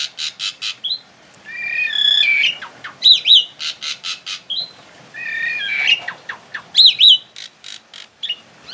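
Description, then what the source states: Asian pied starling singing a varied jumble of harsh squawks, buzzy notes and looping whistles, with short bursts of repeated raspy notes between phrases. Indonesian name Jalak Suren; labelled Suren Teler.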